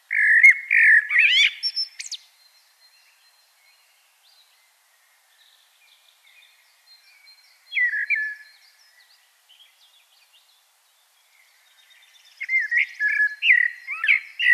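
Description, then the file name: Common blackbird with three separate song phrases, low mellow warbles topped by scratchy high notes, the middle one brief and the others longer. "Turdus merula"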